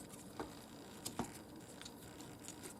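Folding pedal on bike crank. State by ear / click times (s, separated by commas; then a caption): not seated / none. A folding pedal on a bike crank is held down by a finger in its opening and unfolded, giving a few soft, faint ticks and taps around 0.4, 1.1, 1.2, 1.8 and 2.5 seconds. Nothing has snapped or locked in place yet.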